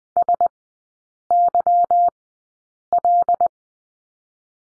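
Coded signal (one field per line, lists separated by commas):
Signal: Morse code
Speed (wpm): 20 wpm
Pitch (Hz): 700 Hz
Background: none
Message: SYL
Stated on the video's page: Morse course lesson on the letter P in three-character groups, at Farnsworth speed 20/10 wpm.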